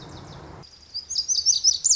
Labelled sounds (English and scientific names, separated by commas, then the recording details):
Lazuli Bunting (Passerina amoena)
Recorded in Sonoma County, California